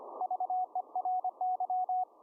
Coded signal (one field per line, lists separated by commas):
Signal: Morse code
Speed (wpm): 25 wpm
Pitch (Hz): 740 Hz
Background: radio noise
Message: VERY